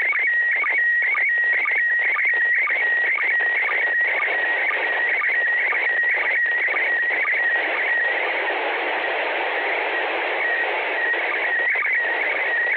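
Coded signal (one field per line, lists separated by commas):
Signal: SSTV (slow-scan television)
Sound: warbling tone jumping between pitches, with rapid regular low chirps and constant hiss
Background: radio static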